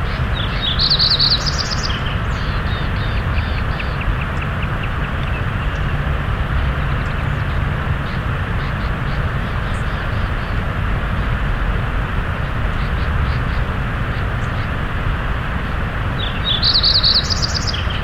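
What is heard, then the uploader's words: A river rushes in a steady, dense roar with deep low rumble, while a bird's high chirping trills rise near the start and end. Tour the rivers and creeks of north-central Colorado. Field recordings by Jacob Job.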